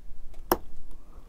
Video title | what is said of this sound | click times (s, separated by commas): Build the Titanic issue 93 from Hachette | in before the other side will pop into place there we go thankfully | 0.5 s